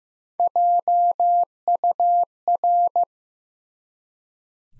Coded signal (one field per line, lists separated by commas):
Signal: Morse code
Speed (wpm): 15 wpm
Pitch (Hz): 700 Hz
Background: none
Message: JUR